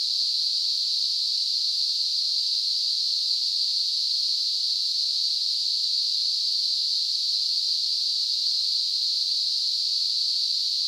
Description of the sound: Tinnitus.